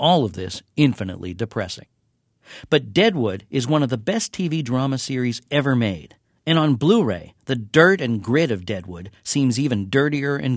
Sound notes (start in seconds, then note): none